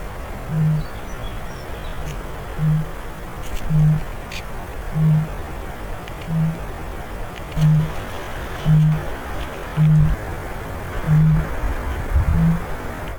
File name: 051226-kakapo-billbooming-pitch